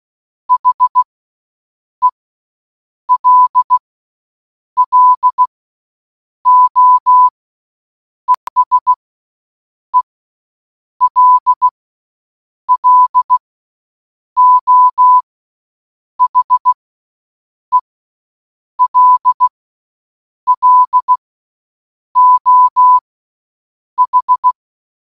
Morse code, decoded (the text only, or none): HELLO ESELLO HELLO H